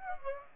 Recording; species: mosquito wingbeat signal from an infrared sensor; Aedes aegypti